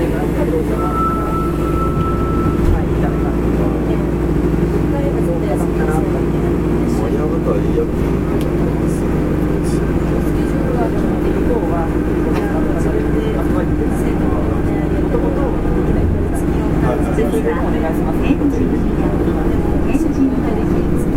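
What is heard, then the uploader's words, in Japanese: A Fukuoka city subway 3000 series train runs steadily, with a dense, constant low rumble and hum throughout. A thin whining tone sounds near the start, and faint clicks and murmuring voices ride over the unbroken running noise. 福岡市営地下鉄 3000系 七隈線 橋本から天神南まで。福岡市交通局 3000系電車の走行音です。七隈線で収録しました。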